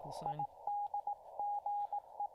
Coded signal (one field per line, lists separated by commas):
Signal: Morse code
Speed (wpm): 18 wpm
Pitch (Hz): 820 Hz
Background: speech, radio noise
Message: IDGE